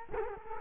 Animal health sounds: mosquito wingbeat signal from an infrared sensor; Culex quinquefasciatus

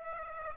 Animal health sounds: mosquito wingbeat signal from an infrared sensor; Aedes aegypti

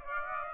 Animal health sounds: mosquito wingbeat signal from an infrared sensor; Aedes aegypti

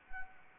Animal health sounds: mosquito wingbeat signal from an infrared sensor; Anopheles arabiensis

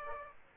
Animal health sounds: mosquito wingbeat signal from an infrared sensor; Aedes aegypti

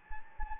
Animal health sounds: mosquito wingbeat signal from an infrared sensor; Anopheles gambiae

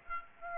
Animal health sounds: mosquito wingbeat signal from an infrared sensor; Aedes aegypti

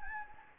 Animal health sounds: mosquito wingbeat signal from an infrared sensor; Anopheles gambiae

